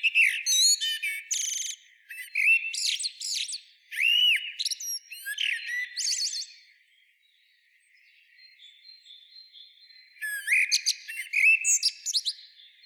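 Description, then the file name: Common blackbird giving high, squeaky twitters and sweeping notes in quick phrases, then a quiet pause of a few seconds before another scratchy burst. "Turdus merula"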